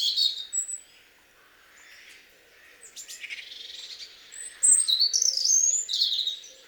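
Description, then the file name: European robin song: scattered high thin notes and soft warbles, ending in a louder run of sweet whistled and trilled notes. "Erithacus rubecula"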